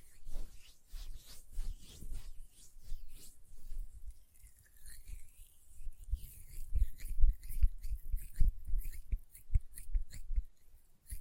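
Quiet hand sounds: soft rubbing and brushing strokes, then from about six seconds a run of quicker, sharper taps with low thumps. The sounds come in irregular bursts with brief pauses, and a faint airy hiss lingers underneath.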